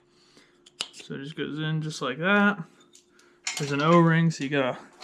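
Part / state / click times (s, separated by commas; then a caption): camshaft position sensor into engine block bore / not seated / none. An O-ringed camshaft position sensor for a 1000 hp LS engine build is handled at its bore in the engine block; it needs a little push past the O-ring. Brief handling taps are heard around 0.7, 0.8 and 3.5 seconds while someone talks. The sensor has not seated or clicked into place yet.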